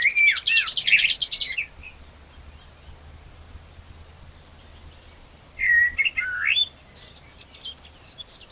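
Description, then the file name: Common blackbird song in two bursts: rich fluty warbling phrases, each trailing off into thin, high squeaky notes, separated by several seconds of quiet. "Turdus merula"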